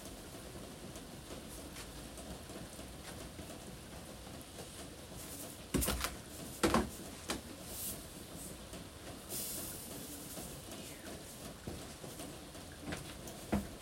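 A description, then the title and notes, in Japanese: Harvested vegetables are readied for shipping under the eaves of a front entrance. A steady low murmur fills the background while sharp knocks and rustles of handling come sporadically, clustering around six to eight seconds, with a brief hissing scrape near ten and a final clack near the end. 玄関の軒下で、収穫してきた野菜たちの出荷準備をしています。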